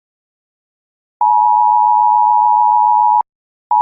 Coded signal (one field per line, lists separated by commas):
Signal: Emergency Alert System (SAME) tones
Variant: 853 and 960 Hz attention tone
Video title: EAS Mini Scenario: Heat Death of The Universe